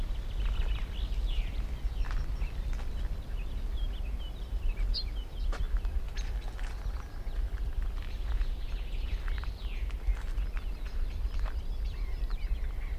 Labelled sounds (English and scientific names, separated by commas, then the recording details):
Yellowhammer (Emberiza citrinella) call
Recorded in the wild
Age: adult
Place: Runding, Bayrischer Wald, Bayern, DE
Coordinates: 49.2156, 12.7822
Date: 2004-06-30
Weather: heiter, 15°C, schwacher bis mäßiger Wind
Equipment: Tascam DA-P1, Sennheiser MKH 70, Windkorb
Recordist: Frommolt, Karl-Heinz
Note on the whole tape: Zwischen Lufling und Haidsteiner Forst: Rufe